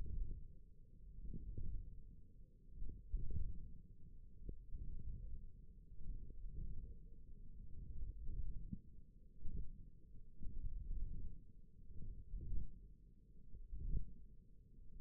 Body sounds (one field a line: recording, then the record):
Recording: forearm muscle sounds (acoustic myography)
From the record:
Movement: ulnar deviation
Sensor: system 1, eight BSWA MPA416 microphones around the upper forearm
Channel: 4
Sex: male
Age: 20 years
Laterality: left